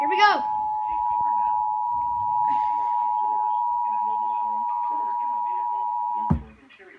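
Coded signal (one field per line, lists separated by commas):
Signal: Emergency Alert System (SAME) tones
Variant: 853 and 960 Hz attention tone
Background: speech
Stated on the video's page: Severe thunderstorm warning from the National Weather Service office in Columbia, SC.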